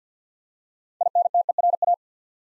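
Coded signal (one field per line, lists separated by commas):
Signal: Morse code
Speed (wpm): 48 wpm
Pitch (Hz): 700 Hz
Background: none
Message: INTERA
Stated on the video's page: Morse code practice drill at 50 wpm, building 8-letter words two letters at a time for instant character recognition.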